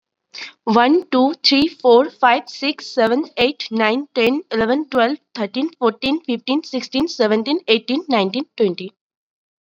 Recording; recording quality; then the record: counting at a fast pace; excellent, no background noise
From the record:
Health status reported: COVID-19 positive, mild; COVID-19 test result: positive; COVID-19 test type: RT-PCR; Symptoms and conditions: cough, fever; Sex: female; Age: 19 years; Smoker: no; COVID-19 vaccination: both doses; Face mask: worn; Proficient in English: yes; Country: India